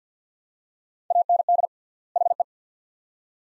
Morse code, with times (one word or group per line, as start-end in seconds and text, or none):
1.1-1.7 AND
2.2-2.4 HE